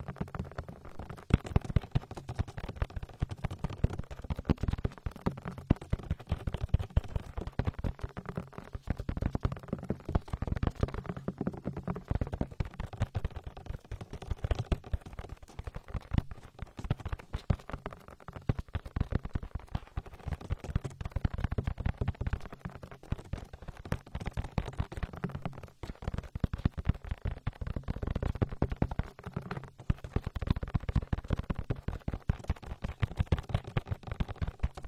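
Vigorous ear rubbing with oil, a dense run of wet, slippery friction strokes packed close together throughout. The rubbing stays busy and fairly even, heavy in the low range with brighter slick crackles on top, and briefly eases around the 25-second mark before resuming.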